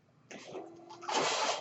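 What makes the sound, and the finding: Home mechanical ventilator. Mechanical ventilator breath cycle.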